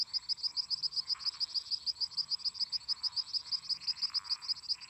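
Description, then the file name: Crickets sing an unbroken string of high, evenly spaced chirps at a rapid pace, with a lower grating frog and toad chorus in the background. Crickets singing constantly together with toads and frogs. "Grilos cantando constantemente em conjunto com sapos e ras"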